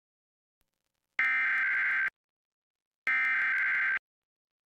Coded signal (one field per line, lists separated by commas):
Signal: Emergency Alert System (SAME) tones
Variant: header bursts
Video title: KTBN-TV Santa Barbara Required Monthly Test (EAS #613-617) 7/5/23